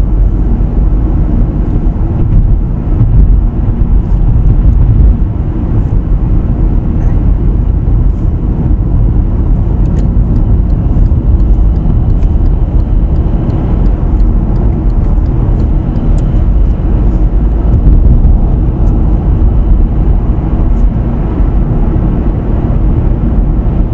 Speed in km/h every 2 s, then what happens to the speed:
59, 60, 59, 60, 61, 68, 72, 71, 76, 80, 79, 78.
0-8 steady at about 60. 8-11 speeds up to 72. 14-17 speeds up to 80. 17-24 steady at about 79.